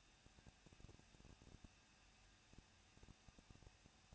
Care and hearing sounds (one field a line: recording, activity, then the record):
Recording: daily activity, microphone in the room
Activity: no activity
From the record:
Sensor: 2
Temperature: 21.0 degrees Celsius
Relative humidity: 37.3%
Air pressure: 1006.4 hPa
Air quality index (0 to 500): 220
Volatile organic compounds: 23 ppm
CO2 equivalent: 2778 ppm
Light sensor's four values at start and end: 2/3/2/2 and 2/3/2/2